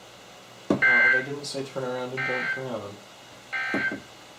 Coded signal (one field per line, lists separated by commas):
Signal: Emergency Alert System (SAME) tones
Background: speech